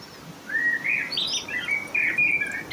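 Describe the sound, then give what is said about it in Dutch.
A common blackbird sings a run of fluty, warbling phrases, the mellow whistles rising and falling in pitch over a soft background hiss, with no voices present. “Mark en de merel krijgen al een beetje het voorjaar in de kop.”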